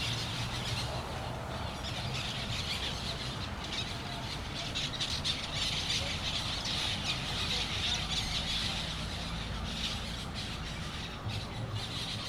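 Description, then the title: Parrots squawking in a dense, continuous chorus of harsh, overlapping screeches. Parrots in Crespo, recorded at sunset. "Loros En Crespo Al Atardecer"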